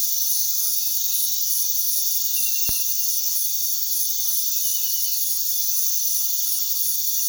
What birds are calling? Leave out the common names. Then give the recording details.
none. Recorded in pastures near Puerto Asís, Putumayo, Colombia, on 20 February 2024 at 02:30. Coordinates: 0.468, -76.328. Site G6414